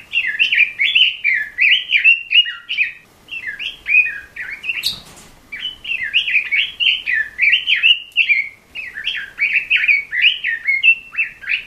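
Robin song of rapid, tumbling chirps and twisted whistled notes run together in long phrases, with a short break and a brief crackling noise midway.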